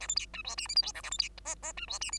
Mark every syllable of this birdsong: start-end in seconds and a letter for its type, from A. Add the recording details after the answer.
0.00-0.07 A, 0.08-0.15 B, 0.16-0.26 C, 0.33-0.42 D, 0.44-0.56 E, 0.57-0.67 F, 0.68-0.75 G, 0.76-0.82 H, 0.82-0.92 I, 0.94-1.02 J, 1.03-1.10 A, 1.11-1.18 B, 1.18-1.29 C, 1.45-1.55 K, 1.62-1.73 K, 1.77-1.86 D, 1.88-1.99 E, 2.01-2.11 F, 2.12-2.19 G. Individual Bird2